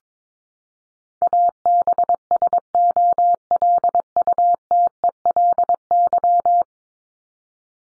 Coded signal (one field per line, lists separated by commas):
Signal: Morse code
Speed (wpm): 22 wpm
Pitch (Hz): 700 Hz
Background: none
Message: ABSOLUTELY